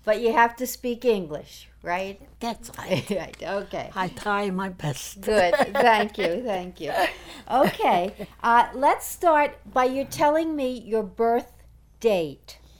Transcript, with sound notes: But you have to speak RIEMEREnglish, right?
That's right.
Okay.
I try my best. (she laughs)
Good. Thank you, thank you. Okay. Let's start by you telling me your birth date.